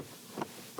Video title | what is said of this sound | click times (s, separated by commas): Old Truck, New Journey: Prepping My Tacoma for the Wild West | and it kind of just clicks into place. | 0.4 s